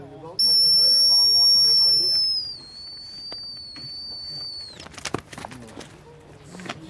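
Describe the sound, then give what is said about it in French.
A dog handler blows a recall whistle so the dog lets go and comes back: one long, shrill, steady blast for about four seconds, dipping slightly in pitch midway, with faint voices underneath and brief thumps and rustling after it stops. “De la finalité, pour éviter de s'exposer, donc je vais rappeler, hein, à l'aide d'un sifflet.”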